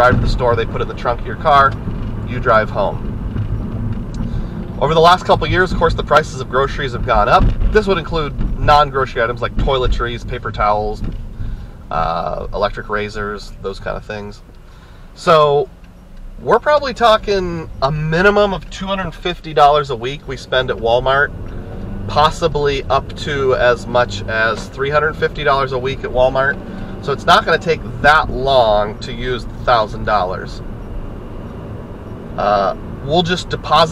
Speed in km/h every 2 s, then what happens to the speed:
72, 63, 55, 45, 34, 23, 11, 3, 10, 5, 15, 26, 35, 45, 48, 50, 55.
0-14 brakes to 3. 14-34 speeds up to 55.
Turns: none.